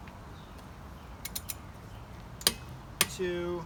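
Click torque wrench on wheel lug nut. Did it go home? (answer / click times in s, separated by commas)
yes / 2.5 s, 3.0 s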